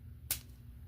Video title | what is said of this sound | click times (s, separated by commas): Transformers Studio Series Voyager Class TF One Sentinel Prime w/ a LOT of Upgrades | like so, and that pretty much is going to click into place. | 0.3 s